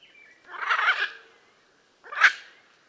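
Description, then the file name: Blue-and-yellow macaw giving two loud, harsh, drawn-out squawks: a long raspy one, a pause of about a second, then a shorter sharper one. "Blue and yellow Macaw Ara ararauna"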